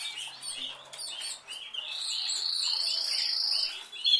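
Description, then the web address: Canary singing a long, even, rolled trill held for nearly two seconds after scattered chirps. "Canari Seda Canari"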